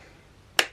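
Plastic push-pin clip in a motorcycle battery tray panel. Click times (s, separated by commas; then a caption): 0.6 s. A pointed tool pushes in the center pin of a small plastic push-pin clip in the battery tray panel of a Honda CL500 motorcycle, which is being removed to fit an Oxford Optimiser connector to the battery. After quiet background, a single sharp, bright click sounds at 0.6 s. The clip unlocks so it can be lifted out.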